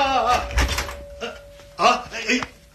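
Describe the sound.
The door of a home opens with a low clunk and some rattling while people talk over it in Cantonese, and a faint steady tone hums underneath throughout.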